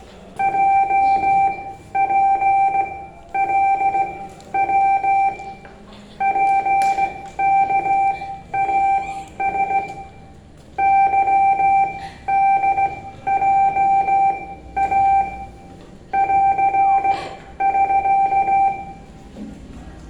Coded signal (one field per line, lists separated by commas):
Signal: Morse code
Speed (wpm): 17 wpm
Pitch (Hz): 780 Hz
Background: none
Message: JPLW PKAS YDJA <AR><SK>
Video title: "Morse Code" # Komunikasi Isyarat # SMKN 12 MEDAN @...